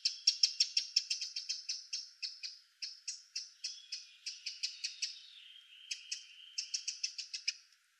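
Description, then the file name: Eurasian wren calling: a rapid run of sharp, scratchy high notes, with a brief pause before the series picks up again. "Troglodytes troglodytes"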